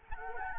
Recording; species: mosquito wingbeat signal from an infrared sensor; Anopheles gambiae